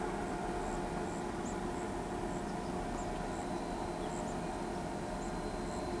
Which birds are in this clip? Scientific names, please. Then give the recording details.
Tyrannus melancholicus. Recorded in pastures near Pivijay, Magdalena, Colombia, on 18 April 2023 at 10:00. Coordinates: 10.456, -74.369. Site P6-G026